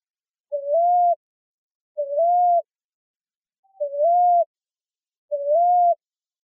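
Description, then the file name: Common ground dove giving four soft, low, upslurred coos at a slow, slightly uneven pace, in silence. Recorded in Arizona, United States, on 1 July 2006. "AZFO COGD 5 deviche"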